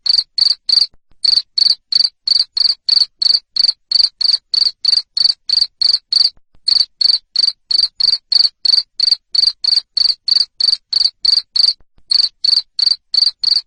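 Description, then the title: Cricket giving a long run of loud, high, buzzy chirps at about three per second, broken by a few short gaps. Loud cricket chirping used to make lovebirds sing continuously. "Suara JANGKRIK NGERIK Keras Bikin LOVEBIRD Jadi NGEKEK Terus Vubey"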